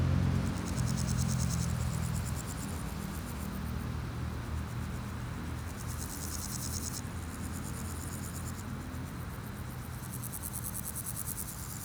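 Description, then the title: Grasshoppers stridulating in repeated high pulsed bouts, each lasting a couple of seconds, with continuous traffic noise below. Grasshoppers on a sunny day at Chaussée de Tervueren, Pins Noirs, Auderghem, Brussels, Belgium, with passing cars; recorded with DPA 4060 microphones in AB position into a Zoom F3. "Chaussée de Tervueren, Pins Noirs, Auderghem, Bruxelles-Capitale, 1160, Belgique - Sauterelles - Grasshoppers"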